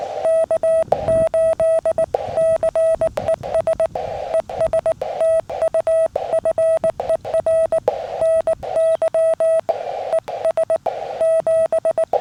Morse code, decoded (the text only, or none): K8CES ES TU FER NY ES 7